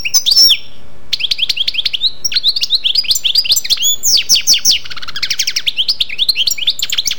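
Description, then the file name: European goldfinch song, a continuous, lively stream of tinkling chirps and buzzy trills after a short opening call, with a low hum underneath. "jilguero"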